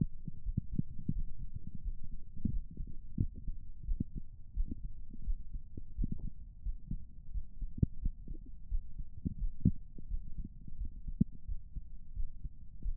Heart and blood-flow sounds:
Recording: heart sounds by stethoscope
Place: pulmonary valve (PV)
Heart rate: 91 bpm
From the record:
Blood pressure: 138/79 mmHg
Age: 33 years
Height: 165 cm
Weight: 68 kg

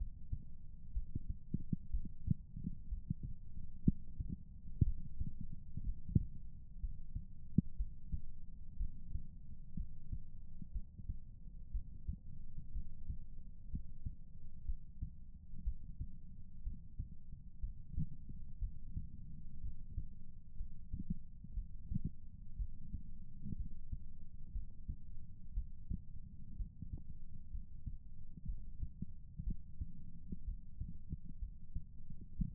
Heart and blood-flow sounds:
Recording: heart sounds by stethoscope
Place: pulmonary valve (PV)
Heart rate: 60 bpm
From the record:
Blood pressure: 115/73 mmHg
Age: 34 years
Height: 163 cm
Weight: 62 kg

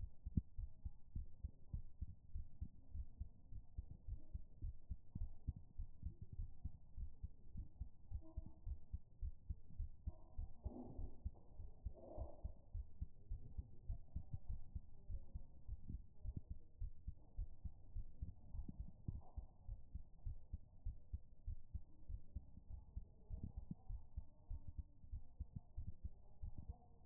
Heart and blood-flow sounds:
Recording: heart sounds by stethoscope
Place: pulmonary valve (PV)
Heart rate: 103 bpm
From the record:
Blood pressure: 119/75 mmHg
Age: 30 years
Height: 161 cm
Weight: 59 kg

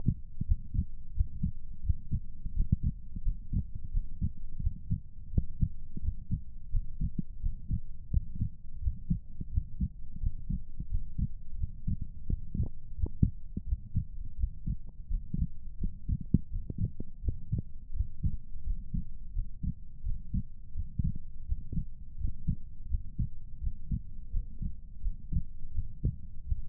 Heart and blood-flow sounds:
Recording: heart sounds by stethoscope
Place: pulmonary valve (PV)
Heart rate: 85 bpm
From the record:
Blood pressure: 127/78 mmHg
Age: 39 years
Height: 178 cm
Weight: 84 kg

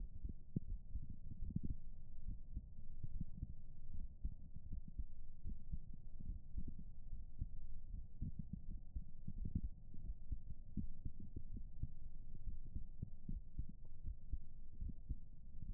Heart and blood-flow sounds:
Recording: heart sounds by stethoscope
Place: pulmonary valve (PV)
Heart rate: 80 bpm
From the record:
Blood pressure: 125/74 mmHg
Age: 36 years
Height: 175 cm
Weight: 72 kg

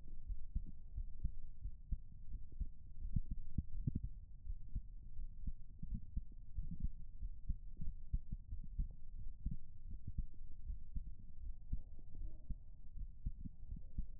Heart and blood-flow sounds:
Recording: heart sounds by stethoscope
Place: pulmonary valve (PV)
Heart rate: 83 bpm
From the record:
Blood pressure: 117/70 mmHg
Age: 33 years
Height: 165 cm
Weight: 65 kg

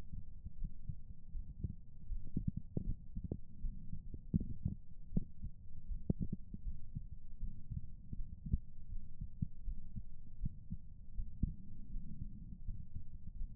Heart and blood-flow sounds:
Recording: heart sounds by stethoscope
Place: pulmonary valve (PV)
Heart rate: 80 bpm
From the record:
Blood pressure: 137/74 mmHg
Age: 59 years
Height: 158 cm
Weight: 74 kg

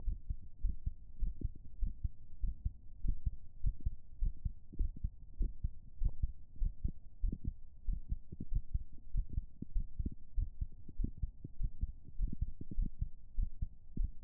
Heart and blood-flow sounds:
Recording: heart sounds by stethoscope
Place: pulmonary valve (PV)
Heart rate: 96 bpm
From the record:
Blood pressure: 114/79 mmHg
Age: 41 years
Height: 174 cm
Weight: 68 kg

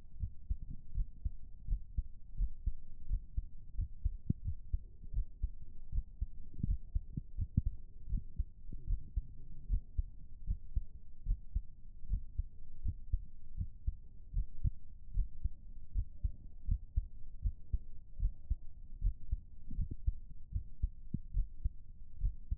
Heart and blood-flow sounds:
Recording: heart sounds by stethoscope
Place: pulmonary valve (PV)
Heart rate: 85 bpm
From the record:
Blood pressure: 114/64 mmHg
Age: 29 years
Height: 165 cm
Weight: 60 kg

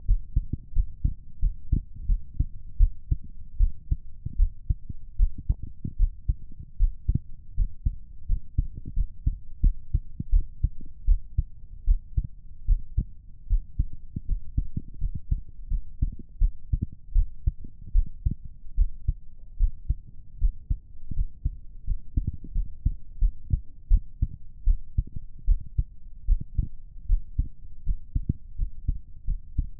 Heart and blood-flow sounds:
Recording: heart sounds by stethoscope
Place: pulmonary valve (PV)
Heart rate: 83 bpm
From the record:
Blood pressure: 128/74 mmHg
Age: 29 years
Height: 163 cm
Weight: 55 kg

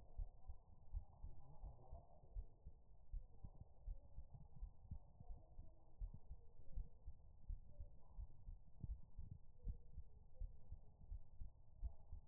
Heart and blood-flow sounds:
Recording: heart sounds by stethoscope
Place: pulmonary valve (PV)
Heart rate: 81 bpm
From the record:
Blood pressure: 102/55 mmHg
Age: 34 years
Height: 164 cm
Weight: 56 kg

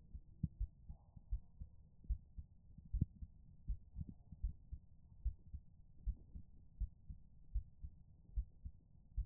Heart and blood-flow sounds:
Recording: heart sounds by stethoscope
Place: pulmonary valve (PV)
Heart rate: 72 bpm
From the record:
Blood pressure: 139/78 mmHg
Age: 28 years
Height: 155 cm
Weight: 54 kg

